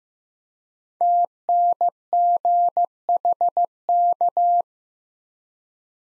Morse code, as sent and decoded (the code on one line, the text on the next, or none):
- -. --. .... -.-
TNGHK